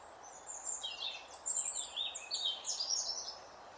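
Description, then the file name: European robin pouring out a continuous stream of high, tinkling, jumbled notes and short slurred whistles over soft background hiss. "Erithacus rubecula"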